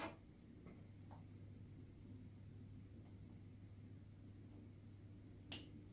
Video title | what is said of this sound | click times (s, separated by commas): Tamiya Grasshopper Build Part 2 | that's snapped into place properly now. | 5.5 s